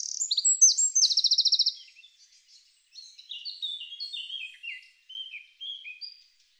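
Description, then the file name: Eurasian wren song: a loud burst of high, rapid notes ending in a fast buzzy trill, then quieter, sliding warbled notes stepping downward after a short pause. "Troglodytes troglodytes"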